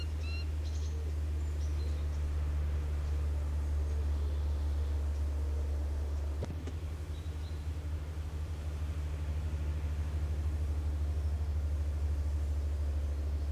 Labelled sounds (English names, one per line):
Eurasian Hobby call